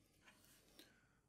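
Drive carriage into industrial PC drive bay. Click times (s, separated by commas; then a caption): 0.8 s. A metal drive carriage is pushed to the rear of the drive bay of a SIMATIC IPC547G industrial PC. Its safety notches engage with a short, sharp click at 0.8 s, seating the carriage in place. Faint low background noise fills the rest of the clip.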